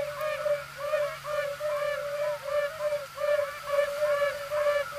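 Yellow-bellied toad chorus, a humming drone broken by short gaps, with pulsing overlapping notes above.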